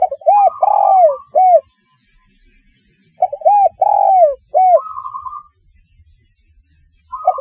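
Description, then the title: Spotted dove calling in two rolling, arched coo phrases about three seconds apart, with the start of another at the end. "Tekukur"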